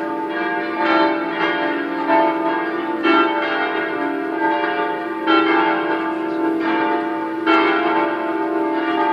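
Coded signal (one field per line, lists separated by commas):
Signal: bell signal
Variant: five swinging church bells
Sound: several large church bells swinging and ringing continuously, overlapping rich metallic tones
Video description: concerto di cinque campane mezz' ora prima della messa 18:30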